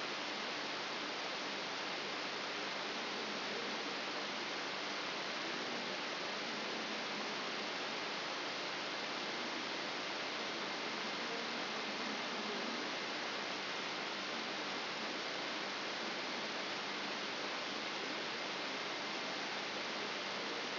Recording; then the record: brain microelectrode recording played as sound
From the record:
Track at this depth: inside the subthalamic nucleus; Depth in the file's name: 4.302 mm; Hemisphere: left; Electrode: 3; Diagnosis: Parkinson's disease